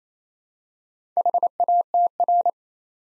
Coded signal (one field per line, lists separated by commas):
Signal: Morse code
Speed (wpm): 29 wpm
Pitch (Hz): 700 Hz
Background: none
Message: HATR